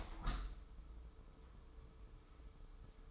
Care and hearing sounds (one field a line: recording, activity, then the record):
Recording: daily activity, microphone in the room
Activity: open window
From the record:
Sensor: 1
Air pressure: 995.7 hPa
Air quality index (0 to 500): 51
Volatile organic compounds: 1 ppm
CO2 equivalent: 948 ppm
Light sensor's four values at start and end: 30/104/40/41 and 31/106/41/42